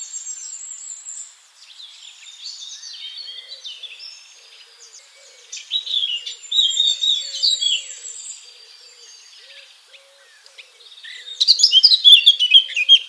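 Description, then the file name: Eurasian blackcap warbling phrases come and go, with a louder, busier burst of song near the end. "Sylvia atricapilla"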